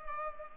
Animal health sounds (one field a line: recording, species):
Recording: mosquito wingbeat signal from an infrared sensor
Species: Culex pipiens